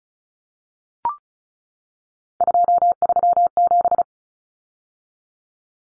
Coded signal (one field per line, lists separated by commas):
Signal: Morse code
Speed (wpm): 34 wpm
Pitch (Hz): 700 Hz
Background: none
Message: 237